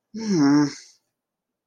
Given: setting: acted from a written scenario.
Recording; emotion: vocal sound without words; shame